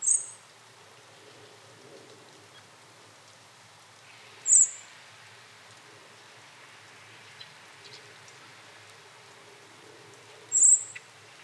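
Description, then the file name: Common blackbird uttering single thin, high-pitched seee notes, three in all, spaced several seconds apart over a quiet background. "Turdus merula"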